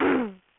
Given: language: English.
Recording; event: throat vibration sensor signal played as sound; throat clearing